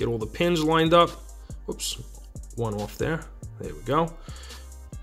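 An add-on board is being lined up onto the header pins of an Arduino microcontroller board while someone talks, with a faint handling tick near the end after a pin that was one off is realigned. Nothing has seated or clicked yet; the board has not snapped home.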